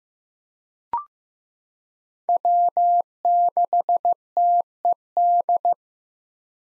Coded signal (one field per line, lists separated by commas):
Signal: Morse code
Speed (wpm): 15 wpm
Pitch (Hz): 700 Hz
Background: none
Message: W6TED